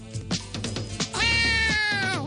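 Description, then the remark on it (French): A cat lets out one loud, drawn-out, displeased meow lasting about a second, its pitch sagging at the end, after a short stretch of scattered clattering knocks. “Les chats, c'est à moi aussi. Bah on ouais. Est pas content, là.”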